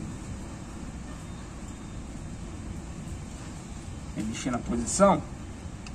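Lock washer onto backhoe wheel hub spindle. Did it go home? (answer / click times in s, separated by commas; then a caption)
no / none. A lock washer is handled and lined up on the wheel hub spindle of a JCB 3C backhoe before fitting, while someone talks over a steady low background hum. Soft metallic handling sounds rise around 4.2 to 5.2 seconds, and nothing has seated or clicked yet.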